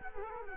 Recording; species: mosquito wingbeat signal from an infrared sensor; Culex quinquefasciatus